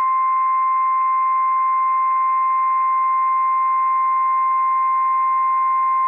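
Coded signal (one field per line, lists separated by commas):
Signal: Emergency Alert System (SAME) tones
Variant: 1050 Hz attention tone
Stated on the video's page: Operational tones of a Required Weekly Test from the National Weather Service in Pendleton, Oregon, for seven Washington counties, on NOAA Weather Radio station WWF56.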